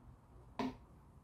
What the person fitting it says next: you hear it click